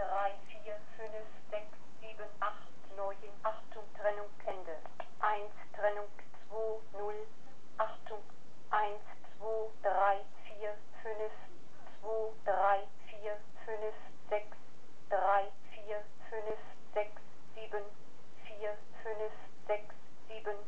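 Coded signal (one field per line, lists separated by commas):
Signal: numbers station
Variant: German, female voice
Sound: female voice reading German digits in steady rhythm, with words like Achtung, Trennung, Ende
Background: slight radio hiss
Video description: This is believed to be an East German number station with number codes read by a female voice, possibly a voice generator.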